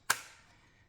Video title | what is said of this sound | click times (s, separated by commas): Winchester Model 100: Back from the Dead | all you heard it click and once I pull out the magazine the action's going to close | 0.1 s